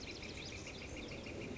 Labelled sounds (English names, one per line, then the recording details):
Northern Flicker
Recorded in Sonoma County, California